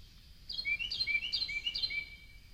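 Carolina wren song: four bright, rhythmic phrases repeated quickly in a single burst over a soft hiss of background noise.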